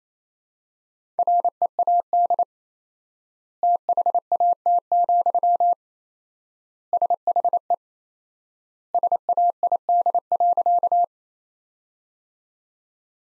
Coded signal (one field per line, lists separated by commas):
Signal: Morse code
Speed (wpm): 28 wpm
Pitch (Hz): 700 Hz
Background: none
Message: READ THAT, SHE SAID.